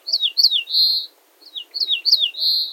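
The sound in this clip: Ortolan bunting song: two phrases, each of two or three sharply falling whistled notes ending in a longer, level whistle, clear against a quiet background.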